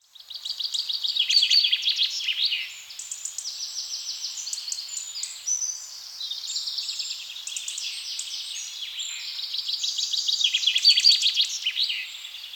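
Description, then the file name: Birds chirping and twittering together, a dense, steady mass of high, rapid notes that swells louder at the start and again toward the end. "zanna metrorio passarinhos"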